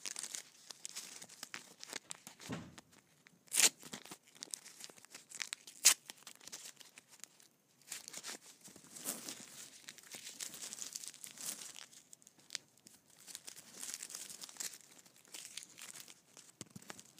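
Candy wrappers are crinkled and crumpled in irregular bursts of bright, crackly rustling that come and go throughout. Louder, sharper snaps stand out near 2.5, 3.6 and 6 seconds, with brief quiet gaps between the busier stretches of handling.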